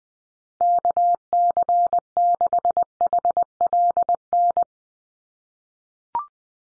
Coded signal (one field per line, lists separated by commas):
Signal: Morse code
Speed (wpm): 20 wpm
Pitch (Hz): 700 Hz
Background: none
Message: KC6HLN